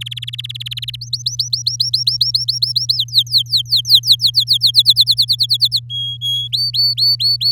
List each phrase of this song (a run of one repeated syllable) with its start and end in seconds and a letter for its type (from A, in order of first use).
0.01-0.96 A, 1.01-2.95 B, 2.96-4.71 C, 4.74-5.80 D, 5.89-6.48 E, 6.52-7.51 F